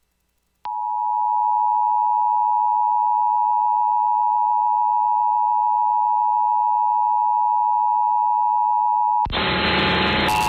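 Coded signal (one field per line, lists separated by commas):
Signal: Emergency Alert System (SAME) tones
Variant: 853 and 960 Hz attention tone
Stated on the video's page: National Periodic Test of the Emergency Alert System, nationwide live activation, as aired by San Antonio TV and radio stations and stations in Wyoming and Virginia.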